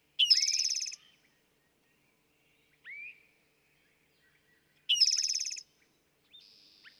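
Eastern towhee giving two songs about five seconds apart, each a quick note into a harsh, buzzy trill, with a soft upslurred whistle between and a faint high note after the second.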